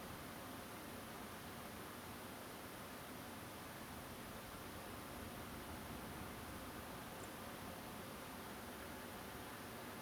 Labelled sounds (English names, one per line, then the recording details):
Song Thrush
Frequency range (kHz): Song Thrush 6.9-10.6 kHz
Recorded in France